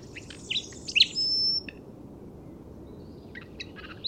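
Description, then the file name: Common nightingale giving a few sharp chirps, then a thin, steady high whistle held for about half a second, then sparse faint notes over low background rumble. "Luscinia megarhynchos"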